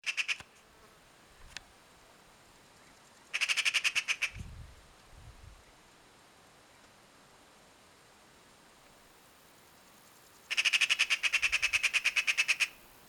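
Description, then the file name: Eurasian magpie giving harsh machine-gun chatter in three bursts, the last and longest running about two seconds, with a few soft low thumps between calls. "Pica pica"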